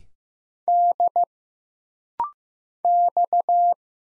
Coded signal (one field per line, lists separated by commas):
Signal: Morse code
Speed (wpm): 15 wpm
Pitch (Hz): 700 Hz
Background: none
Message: D X